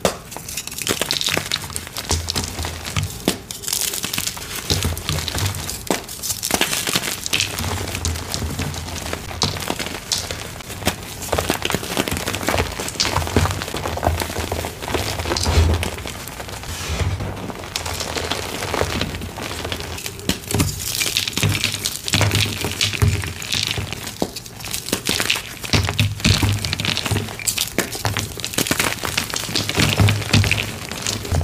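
Dyed, reformed gym chalk is crushed over and over, giving a loud, crisp crunching and crumbling with no real pauses. The texture stays dense and gritty for the whole half-minute, with sharper cracks and brighter bursts scattered throughout and a low thumping underneath.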